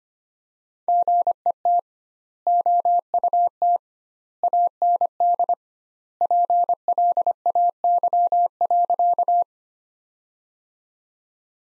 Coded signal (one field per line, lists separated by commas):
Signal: Morse code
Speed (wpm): 25 wpm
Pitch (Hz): 700 Hz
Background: none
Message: GET OUT AND PLAY.